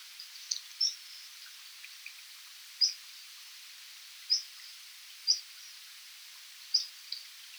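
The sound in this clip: Orange-headed thrush calls: short, thin, very high sharp notes given irregularly, several in under eight seconds, over a steady soft hiss.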